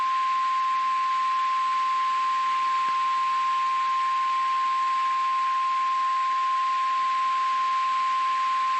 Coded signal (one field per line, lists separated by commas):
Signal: Emergency Alert System (SAME) tones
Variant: 1050 Hz attention tone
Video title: AM I GOING INSANE?! - Weather Alerts from 8/13/2025 (EAS #432-#441)